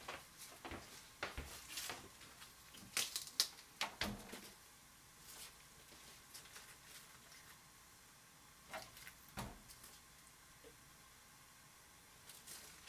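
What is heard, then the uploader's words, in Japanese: Kitchen sounds after washing up: sharp clinks and clatters of dishes and utensils, dense in the first four seconds, then scattered knocks around five, nine and twelve seconds. Between them a low, steady hiss fills the quiet stretches. 洗い物の後はえびそば。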